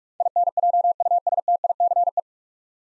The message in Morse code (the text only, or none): INJUSTICE